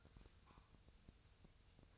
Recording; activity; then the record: daily activity, microphone in the room; take from stove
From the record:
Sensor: 2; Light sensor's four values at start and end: 6/15/6/6 and 6/15/6/6